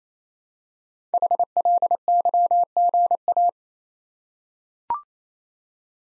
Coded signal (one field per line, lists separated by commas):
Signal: Morse code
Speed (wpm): 29 wpm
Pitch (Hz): 700 Hz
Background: none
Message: HLYGA